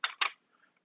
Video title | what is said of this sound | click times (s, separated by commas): Showcase & Setup - Oskeray AK74 Gel Ball Blaster - 200+ FPS - CONTEST LINK IN DESC! | clicks locks into place | 0.0 s